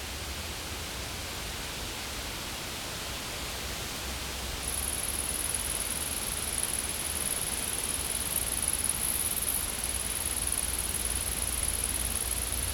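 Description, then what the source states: Insect: quiet hiss at first, then an insect's thin high-pitched trill starts and holds steadily to the end. Insects recorded in a field.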